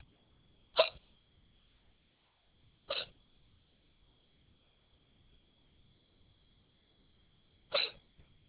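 Three sharp, abrupt hiccups from an adult at irregular intervals over about eight seconds, with a faint steady high background tone.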